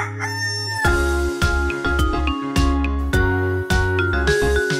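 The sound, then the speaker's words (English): A cartoonish hen sound effect, a bright crowing squawk at the start, followed by a bouncy, rhythmic musical backing with a steady thumping bass and chiming notes. “9, 10, a big fat hen.”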